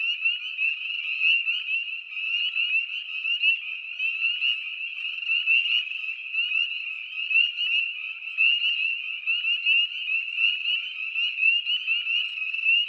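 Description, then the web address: Spring peeper chorus: a dense, continuous wall of high, shrill peeps from many frogs overlapping without pause throughout. "Dan Gibson Wildlife Identification By Sound, Eastern North America Pt 1. Spring Peeper Frog"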